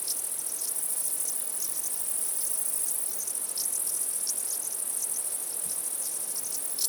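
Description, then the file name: Dense high cricket trilling, many small chirps repeating irregularly across the whole stretch. Crickets at night. "Night Sounds, Cricket Sounds, Sounds of Nature Zone"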